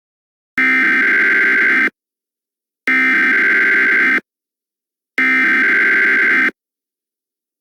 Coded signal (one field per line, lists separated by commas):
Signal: Emergency Alert System (SAME) tones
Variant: header bursts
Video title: EAS Scenario: Under the Moon's Light Part 1